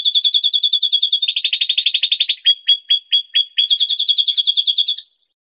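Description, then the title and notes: Songbird song, a rapid chattering trill that grows fuller and buzzier, breaks into spaced sharp notes, then returns to a quick even trill. Master recording used for training songbirds. "Kumpulan Masteran Burung Terlengkap Dan Terbaik"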